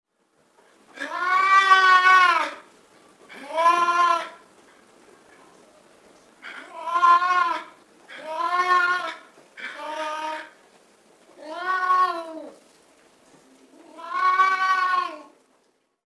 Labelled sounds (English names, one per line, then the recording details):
Clouded Leopard
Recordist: Tembrock, Günter
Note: Maunzen